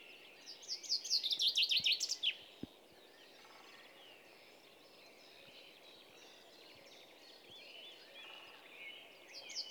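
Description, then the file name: Common chaffinch song: a quick descending series of bright chirping notes lasting about two seconds near the start, then quieter with faint high sounds over a background hiss, and a brief louder burst at the very end. "Fringilla coelebs"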